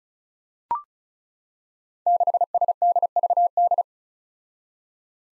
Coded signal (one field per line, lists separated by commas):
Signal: Morse code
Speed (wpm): 36 wpm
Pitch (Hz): 700 Hz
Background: none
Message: 6SDVD